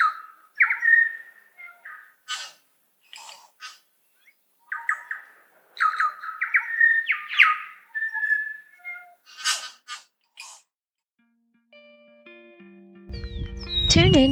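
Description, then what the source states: New Zealand Bellbird song of ringing whistles and clicky notes, with a different steady-toned sound coming in at the end. Recorded in 2012 on Ulva Island, a predator-free island beside Stewart Island, New Zealand, in native forest; song described as a wacky electronic cacophony.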